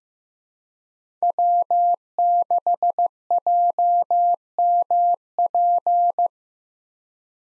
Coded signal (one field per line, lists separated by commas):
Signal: Morse code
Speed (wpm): 15 wpm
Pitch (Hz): 700 Hz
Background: none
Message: W6JMP